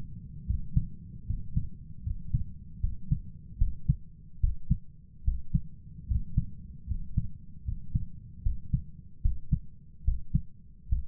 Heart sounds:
heart sounds by stethoscope; 75 bpm
0.45 s: heartbeat
1.25 s: heartbeat
2.02 s: heartbeat
2.79 s: heartbeat
3.57 s: heartbeat
4.39 s: heartbeat
5.23 s: heartbeat
6.06 s: heartbeat
6.86 s: heartbeat
7.64 s: heartbeat
8.42 s: heartbeat
9.21 s: heartbeat
10.03 s: heartbeat
10.88 s: heartbeat
From the record:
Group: healthy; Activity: rest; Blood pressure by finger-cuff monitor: 91/62 mmHg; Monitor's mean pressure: 71 mmHg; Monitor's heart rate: 75 bpm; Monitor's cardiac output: 6.5 L/min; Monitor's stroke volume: 86 mL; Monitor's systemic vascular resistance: 790 dyn s/cm5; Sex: male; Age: 23 years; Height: 178 cm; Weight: 96.6 kg

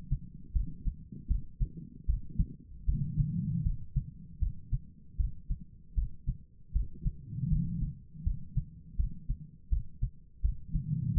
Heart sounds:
heart sounds by stethoscope; 79 bpm
0.53 s: heartbeat
1.28 s: heartbeat
2.06 s: heartbeat
2.86 s: heartbeat
3.63 s: heartbeat
4.39 s: heartbeat
5.17 s: heartbeat
5.95 s: heartbeat
6.73 s: heartbeat
7.49 s: heartbeat
8.24 s: heartbeat
8.96 s: heartbeat
9.69 s: heartbeat
10.42 s: heartbeat
11.14 s: heartbeat
From the record:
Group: healthy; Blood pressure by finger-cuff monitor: 110/79 mmHg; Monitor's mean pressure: 91 mmHg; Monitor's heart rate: 81 bpm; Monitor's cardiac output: 4.6 L/min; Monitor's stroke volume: 57 mL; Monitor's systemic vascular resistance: 1440 dyn s/cm5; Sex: female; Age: 51 years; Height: 162 cm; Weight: 70.04 kg

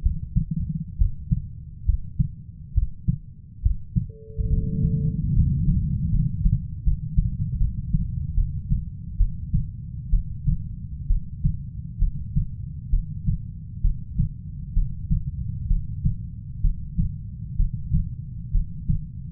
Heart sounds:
heart sounds by stethoscope; 68 bpm
0.02 s: heartbeat
0.98 s: heartbeat
1.85 s: heartbeat
2.74 s: heartbeat
3.62 s: heartbeat
4.49 s: heartbeat
5.34 s: heartbeat
6.11 s: heartbeat
6.83 s: heartbeat
7.58 s: heartbeat
8.34 s: heartbeat
9.17 s: heartbeat
10.10 s: heartbeat
11.07 s: heartbeat
11.99 s: heartbeat
12.90 s: heartbeat
13.81 s: heartbeat
14.73 s: heartbeat
15.67 s: heartbeat
16.61 s: heartbeat
17.56 s: heartbeat
18.52 s: heartbeat
From the record:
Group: healthy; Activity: rest 0-3 s, breath hold 3-19 s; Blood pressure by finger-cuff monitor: 137/64 mmHg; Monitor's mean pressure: 87 mmHg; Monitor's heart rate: 66 bpm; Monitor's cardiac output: 6.1 L/min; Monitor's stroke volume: 86 mL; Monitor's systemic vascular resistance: 1010 dyn s/cm5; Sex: female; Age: 37 years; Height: 168 cm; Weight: 70 kg

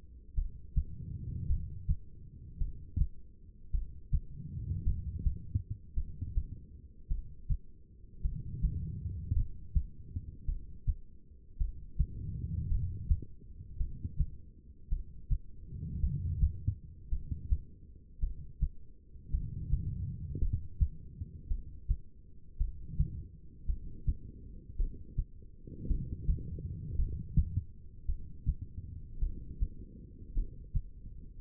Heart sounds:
heart sounds by stethoscope; 54 bpm
0.34 s: heartbeat
1.47 s: heartbeat
2.58 s: heartbeat
3.71 s: heartbeat
4.83 s: heartbeat
5.94 s: heartbeat
7.08 s: heartbeat
8.21 s: heartbeat
9.33 s: heartbeat
10.45 s: heartbeat
11.57 s: heartbeat
12.68 s: heartbeat
13.77 s: heartbeat
14.89 s: heartbeat
16.00 s: heartbeat
17.09 s: heartbeat
18.19 s: heartbeat
19.30 s: heartbeat
20.39 s: heartbeat
21.48 s: heartbeat
22.57 s: heartbeat
23.66 s: heartbeat
24.76 s: heartbeat
25.87 s: heartbeat
26.96 s: heartbeat
28.06 s: heartbeat
29.19 s: heartbeat
30.33 s: heartbeat
From the record:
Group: heart failure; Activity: rest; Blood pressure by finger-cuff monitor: 89/65 mmHg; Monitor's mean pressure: 73 mmHg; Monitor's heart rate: 54 bpm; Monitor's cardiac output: 2.6 L/min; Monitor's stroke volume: 49 mL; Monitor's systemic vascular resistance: 1990 dyn s/cm5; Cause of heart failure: non-ischemic cardiomyopathy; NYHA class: 1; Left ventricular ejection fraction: 52%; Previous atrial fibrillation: present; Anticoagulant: apixaban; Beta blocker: bisoprolol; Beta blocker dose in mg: 10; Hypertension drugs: sacubitril-valsartan, spironolactone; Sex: female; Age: 68 years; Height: 169 cm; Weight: 71 kg

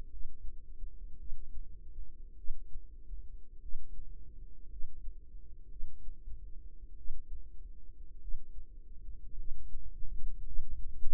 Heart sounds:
heart sounds by microphone in the right ear; 52 bpm
0.10 s: heartbeat
1.17 s: heartbeat
2.36 s: heartbeat
3.60 s: heartbeat
4.69 s: heartbeat
5.68 s: heartbeat
6.96 s: heartbeat
8.19 s: heartbeat
9.36 s: heartbeat
10.44 s: heartbeat
From the record:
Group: healthy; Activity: cold pressor test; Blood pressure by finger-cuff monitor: 109/65 mmHg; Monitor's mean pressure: 78 mmHg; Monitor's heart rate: 51 bpm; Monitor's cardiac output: 4.4 L/min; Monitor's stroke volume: 88 mL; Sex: female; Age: 36 years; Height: 163 cm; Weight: 88 kg

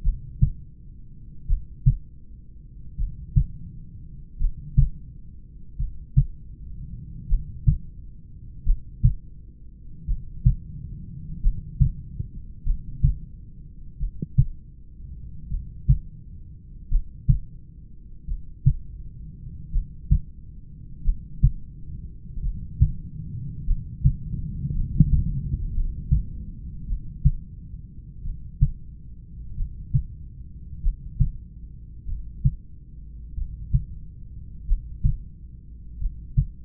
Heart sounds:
heart sounds by stethoscope; 45 bpm
0.07 s: heartbeat
1.51 s: heartbeat
3.01 s: heartbeat
4.42 s: heartbeat
5.81 s: heartbeat
7.32 s: heartbeat
8.68 s: heartbeat
10.10 s: heartbeat
11.45 s: heartbeat
12.68 s: heartbeat
14.02 s: heartbeat
15.53 s: heartbeat
16.93 s: heartbeat
18.30 s: heartbeat
19.75 s: heartbeat
21.07 s: heartbeat
22.45 s: heartbeat
23.69 s: heartbeat
24.78 s: heartbeat
25.77 s: heartbeat
26.91 s: heartbeat
28.27 s: heartbeat
29.60 s: heartbeat
30.86 s: heartbeat
32.11 s: heartbeat
33.40 s: heartbeat
34.71 s: heartbeat
36.03 s: heartbeat
From the record:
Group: heart failure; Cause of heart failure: familial cardiomyopathy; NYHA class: 1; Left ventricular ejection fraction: 49%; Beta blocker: bisoprolol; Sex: male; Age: 31 years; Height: 194 cm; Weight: 96 kg

